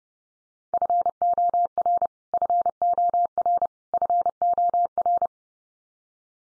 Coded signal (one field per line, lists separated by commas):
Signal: Morse code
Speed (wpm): 30 wpm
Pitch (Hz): 700 Hz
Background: none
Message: FOR FOR FOR